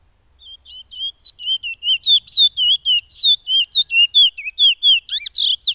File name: suara burung piolet omkicau